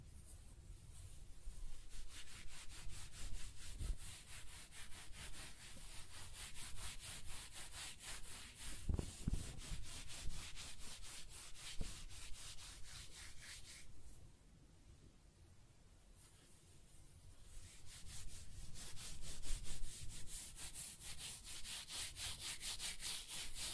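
Close-up hair brushing, a steady run of quick, regular bristle strokes with a crisp, bright rasp, like rubbing or light sanding. A few low thumps land near 9 and 12 seconds. The strokes thin out and soften from about 14 to 17 seconds, then return stronger.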